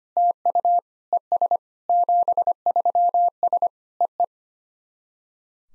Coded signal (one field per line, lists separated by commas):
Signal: Morse code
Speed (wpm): 25 wpm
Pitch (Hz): 700 Hz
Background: none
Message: TU ES 73S EE